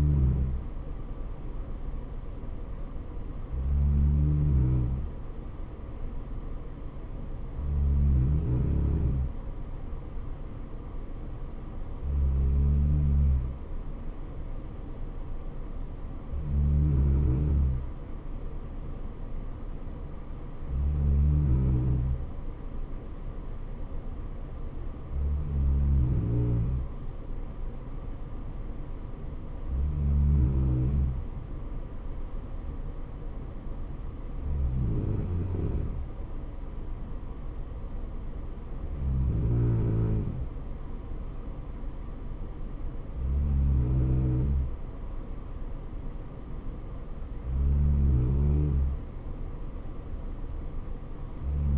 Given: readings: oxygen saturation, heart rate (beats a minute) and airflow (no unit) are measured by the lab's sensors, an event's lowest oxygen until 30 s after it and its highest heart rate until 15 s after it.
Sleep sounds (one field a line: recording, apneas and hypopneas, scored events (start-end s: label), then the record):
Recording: breathing in sleep by a smartphone at the bedside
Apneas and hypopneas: none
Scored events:
none scored
From the record:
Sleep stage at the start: N3 (deep sleep)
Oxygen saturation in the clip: 94 to 95%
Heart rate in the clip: 64 to 69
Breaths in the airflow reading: 12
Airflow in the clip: -3.7 to 2.6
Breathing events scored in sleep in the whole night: 79 in 6.3 hours asleep